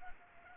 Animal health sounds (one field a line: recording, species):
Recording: mosquito wingbeat signal from an infrared sensor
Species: Culex quinquefasciatus